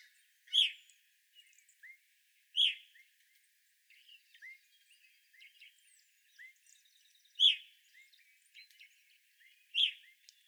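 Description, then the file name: Evening grosbeak calls, loud piercing chirps every two to five seconds with soft upslurred notes and faint twittering between. Evening grosbeaks, 25 April 2021. "2021-04-25 Evening Grosbeaks"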